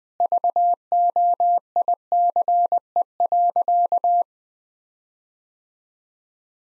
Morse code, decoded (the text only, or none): VOICE.